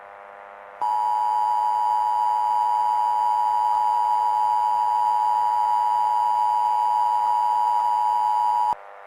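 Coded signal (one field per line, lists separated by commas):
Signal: Emergency Alert System (SAME) tones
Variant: 853 and 960 Hz attention tone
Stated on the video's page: Fictional EAS scenario.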